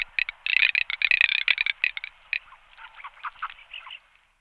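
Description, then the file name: Garganey rattling call, dry crackling bursts in fast irregular runs, loudest through the first two seconds, then softer, lower clicks before fading out. "Cirka modra Anas querquedula"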